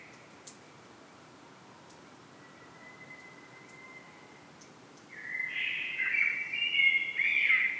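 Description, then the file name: Common blackbird call: a thin, quiet steady tone at first, then a louder warbled phrase with twittering higher notes over the last three seconds. "Turdus merula"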